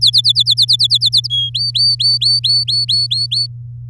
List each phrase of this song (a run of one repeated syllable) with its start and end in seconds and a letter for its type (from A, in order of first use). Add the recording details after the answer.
0.01-1.28 A, 1.30-1.50 B, 1.54-3.47 C. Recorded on 8 May 2018 at 11:03. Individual llb16